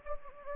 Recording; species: mosquito wingbeat signal from an infrared sensor; Anopheles gambiae